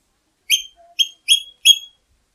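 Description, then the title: Black-capped lory giving four short, shrill whistled calls in quick succession, with a brief soft tone between the first two. "Nuri merah kepala hitam"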